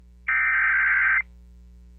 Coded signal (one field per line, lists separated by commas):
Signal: Emergency Alert System (SAME) tones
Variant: header bursts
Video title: EAS PDS Tornado Warning for Dale County, Alabama (EAS #112)